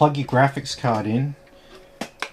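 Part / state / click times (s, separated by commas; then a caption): graphics card into motherboard PCIe slot / seated / 2.2 s. Someone talks as a graphics card, an RTX 5080, is pushed into the PCIe x16 slot of an MSI B650 Tomahawk WiFi motherboard. A short knock comes at 2.0 s, then a sharp click at 2.2 s as the slot's retention clip engages, showing the card is fully inserted and seated.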